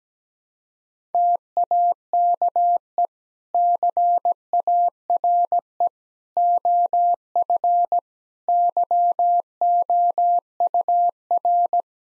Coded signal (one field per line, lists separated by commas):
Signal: Morse code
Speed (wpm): 17 wpm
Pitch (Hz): 700 Hz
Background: none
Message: TAKE CARE OF YOUR